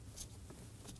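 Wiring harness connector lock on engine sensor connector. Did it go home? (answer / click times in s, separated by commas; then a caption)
no / none. The lock on a wiring harness connector for an engine sensor on a 2016-2020 Kia Sorento 2.4L L4 is being handled after the plug has been slid on, with faint soft rustles near 0.2 s and 0.9 s over a low, steady background. Nothing has seated or clicked yet.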